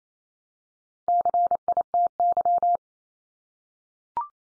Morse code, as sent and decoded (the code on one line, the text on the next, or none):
-.-. .. - -.--
CITY